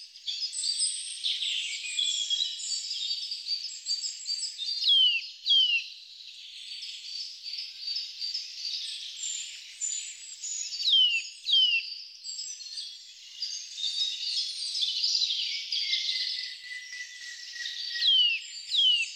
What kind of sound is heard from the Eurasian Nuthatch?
song